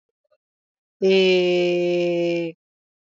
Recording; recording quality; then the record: sustained vowel as in made; excellent, no background noise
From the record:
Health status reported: respiratory illness, not identified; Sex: male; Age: 22 years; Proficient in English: yes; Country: India